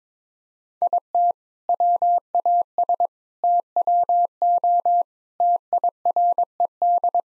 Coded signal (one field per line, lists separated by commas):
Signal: Morse code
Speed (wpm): 22 wpm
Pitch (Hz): 700 Hz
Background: none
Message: IT WAS TWO TIRED